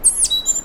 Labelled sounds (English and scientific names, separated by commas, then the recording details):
Stitchbird (Notiomystis cincta) song
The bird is a male
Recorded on Tiritiri Matangi Island, New Zealand, in 2005
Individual 1, of nest box 1